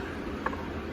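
The plastic post of an action-figure flight stand is centred and pushed into its base, giving a single short, sharp click at 0.5 s over a steady low background noise. The post seats securely in the base.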